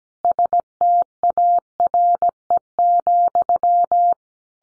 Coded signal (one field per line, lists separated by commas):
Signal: Morse code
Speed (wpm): 17 wpm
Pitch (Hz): 700 Hz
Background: none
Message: STARE,